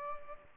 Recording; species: mosquito wingbeat signal from an infrared sensor; Culex pipiens